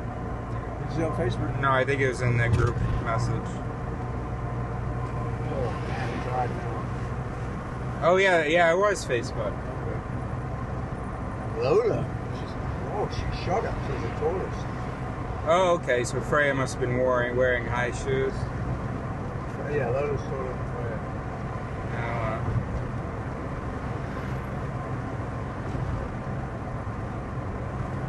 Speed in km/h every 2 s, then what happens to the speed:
54, 56, 56, 58, 58, 58, 58, 58, 60, 60, 60, 60, 62, 60.
0-28 steady at about 58.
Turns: none.